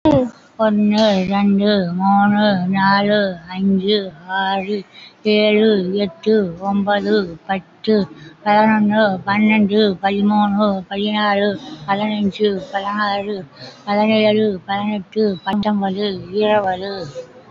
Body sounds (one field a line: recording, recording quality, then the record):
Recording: counting at a normal pace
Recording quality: excellent, no background noise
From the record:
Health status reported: COVID-19 positive, mild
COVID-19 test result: positive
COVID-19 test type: RT-PCR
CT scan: not taken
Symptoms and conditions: cough, fatigue, hypertension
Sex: female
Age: 75 years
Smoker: no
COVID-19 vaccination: one dose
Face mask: worn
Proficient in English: no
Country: India